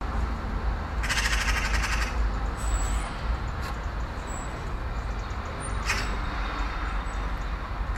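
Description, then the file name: Eurasian magpie with a short rattling chatter of rapid harsh notes, then a later brief rasping call, all over constant low traffic noise. "Pica pica"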